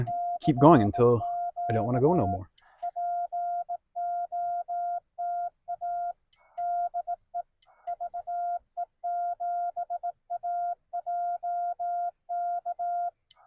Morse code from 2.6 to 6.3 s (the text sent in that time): POTA